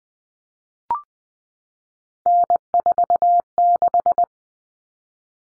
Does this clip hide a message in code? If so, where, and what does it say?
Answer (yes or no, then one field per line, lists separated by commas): yes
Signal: Morse code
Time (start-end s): 2.3-4.2 s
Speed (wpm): 20 wpm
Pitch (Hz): 700 Hz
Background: none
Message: N46